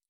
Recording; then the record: hydrophone in a shrimp aquaculture tank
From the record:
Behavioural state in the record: stressed